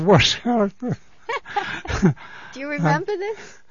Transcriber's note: they laugh